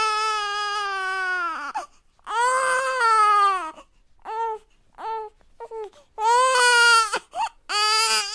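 Repeated high-pitched crying bouts of one to two seconds from a newborn baby, with short gasping pauses and a few brief whimpers between the longer wails. Each wail is clear, tonal and strong, falling slightly at the end, typical of a newborn's cry.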